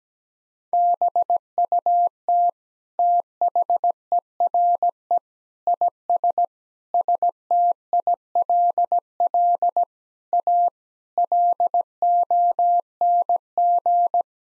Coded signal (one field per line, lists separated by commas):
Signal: Morse code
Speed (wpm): 17 wpm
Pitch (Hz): 700 Hz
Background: none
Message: BUT THERE IS STILL A LONG